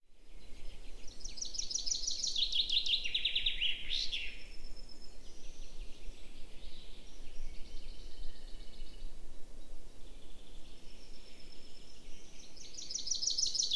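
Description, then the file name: Common chaffinch singing a rattling, descending trilled phrase ending in a sharp flourish, with a second phrase beginning near the end; faint bird notes and low rumble behind. "Fringilla coelebs"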